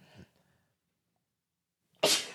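After a faint breath, an adult lets out one loud, sudden, hissing sneeze that fades within half a second.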